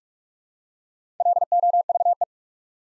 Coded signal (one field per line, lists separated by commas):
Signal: Morse code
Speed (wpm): 45 wpm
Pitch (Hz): 700 Hz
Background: none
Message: LOVE